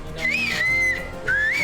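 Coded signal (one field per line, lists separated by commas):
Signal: whistled language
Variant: Turkish kuş dili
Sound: short clear whistled phrases, gliding up and down in pitch, three segments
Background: faint background hum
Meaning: The names Aurelius and Nina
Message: Aurelius, Nina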